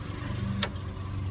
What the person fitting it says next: heard that click hopefully you hear it all right